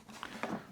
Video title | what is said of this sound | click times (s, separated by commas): Tooltronix 3 in 1 Yard Tool – How Well Does This Perform In Real World Tests? | All clicks in place. | 0.2 s, 0.4 s